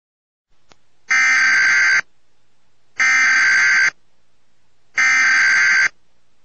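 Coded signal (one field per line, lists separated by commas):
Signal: Emergency Alert System (SAME) tones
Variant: header bursts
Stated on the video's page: Fake EAS alert made for a day of severe weather.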